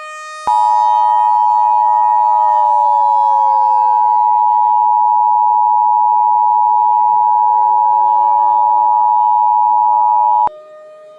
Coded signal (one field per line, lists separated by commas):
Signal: Emergency Alert System (SAME) tones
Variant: 853 and 960 Hz attention tone